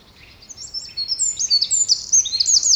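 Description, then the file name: Eurasian wren song, a short, loud outpouring of very high, sharp chips and trilled notes that builds in strength toward the end. "Troglodytes troglodytes"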